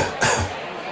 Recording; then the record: coughing mixed with background sound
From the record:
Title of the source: Spring Cold Coughing 2